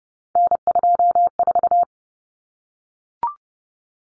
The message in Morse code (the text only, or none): N24